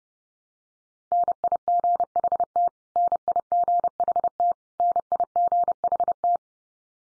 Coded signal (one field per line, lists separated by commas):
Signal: Morse code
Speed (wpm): 30 wpm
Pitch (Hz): 700 Hz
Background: none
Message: NIGHT NIGHT NIGHT